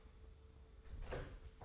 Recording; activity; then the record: daily activity, microphone in the room; close door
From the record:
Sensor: 3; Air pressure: 1015.2 hPa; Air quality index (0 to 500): 146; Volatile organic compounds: 8 ppm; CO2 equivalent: 2074 ppm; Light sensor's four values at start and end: 15/39/16/17 and 15/39/16/17